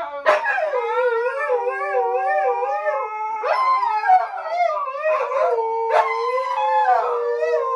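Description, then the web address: Husky: two huskies howling together, one voice wavering in a tremolo, with sudden rising yelps breaking in. Two huskies howling in a duet in an apartment; the neighbours are said to be in shock. "hski vie v apartamenta ssedite sa v sok duet na dve hskita"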